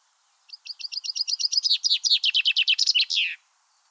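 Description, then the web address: Common chaffinch song: a quickening trill of clear notes sliding downward, ending in a brief flourish, against a quiet background. "Deverinetal 2025 File origin Bird Only Fr Co"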